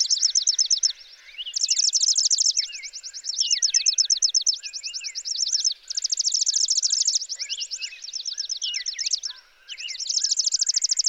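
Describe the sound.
Chipping sparrow song: repeated rapid, flat trills of dry chips, with lower slurred notes mixed in.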